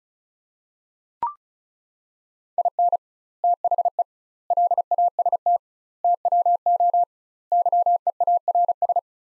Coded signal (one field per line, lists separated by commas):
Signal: Morse code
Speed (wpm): 36 wpm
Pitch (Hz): 700 Hz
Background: none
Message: IN THE LAST TWO YEARS